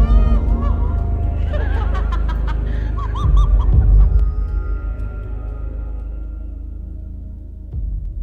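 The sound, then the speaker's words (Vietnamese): A rooster crows in the distance, a wavering, drawn-out call rising and falling over a steady low rumble, with a few faint clucks scattered around it. “Mãi cho đến khi nghe tiếng gà gáy vọng lại từ xa, mấy mẹ con ở trong nhà mới được hoàn hồn.”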